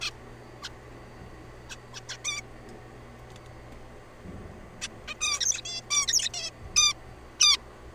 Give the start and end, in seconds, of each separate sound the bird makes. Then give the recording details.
0.01-0.10, 0.62-0.68, 1.70-1.75, 1.93-2.00, 2.10-2.16, 2.24-2.40, 4.82-4.88, 5.08-5.14, 5.20-5.40, 5.40-5.61, 5.65-5.81, 5.90-6.07, 6.08-6.30, 6.34-6.50, 6.76-6.93, 7.40-7.57. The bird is a juvenile. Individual R3428